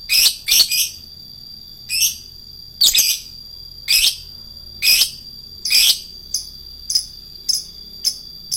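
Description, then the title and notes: Lovebird giving loud, shrill chirps in pairs and singles roughly once a second, then softer quick chirps about every half second, over a constant high-pitched hum. Adult lovebird, described as a fighter type. "LOVEBIRD FIGTER. Lovebird Dewasa"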